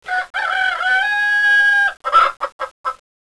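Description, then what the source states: Chicken (rooster) crowing: a short opening note, then a long, harmonically rich crow of over a second and a half with a steady held ending, followed by four short notes. Male (rooster).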